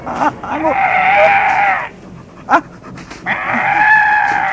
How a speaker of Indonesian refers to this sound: Aduh, ya ampun. Ternyata gajah kecil. Gajah kecil, ada gajah kecil.